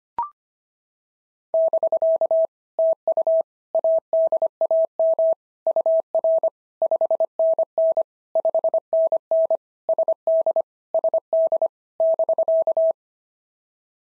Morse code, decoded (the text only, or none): <BK> TU ADAM UR 5NN 5NN SD SD <BK>